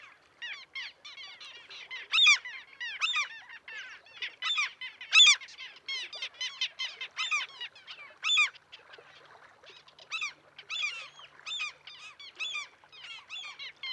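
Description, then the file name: Mew gull calls: many bright, squealing mewed notes in ragged clusters, some louder strident cries standing out, continuing throughout with brief lulls. "Mew Gull - Larus canus"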